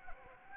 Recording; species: mosquito wingbeat signal from an infrared sensor; Anopheles gambiae